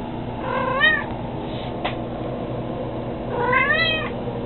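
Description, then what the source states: Domestic cat gives two short chirping meows about three seconds apart, rich in harmonics, with a quiet click between them. Black cat chirping, answering when spoken to.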